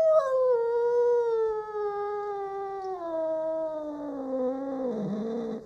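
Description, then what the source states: Cat yowling in one long, drawn-out, wavering tone that slowly slides lower over about six seconds and turns rough and unsteady at the end. An angry cat.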